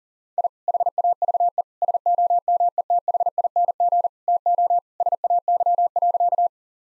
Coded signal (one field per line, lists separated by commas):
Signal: Morse code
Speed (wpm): 40 wpm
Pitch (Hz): 700 Hz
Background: none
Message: I HAVE SOMETHING TO SAY.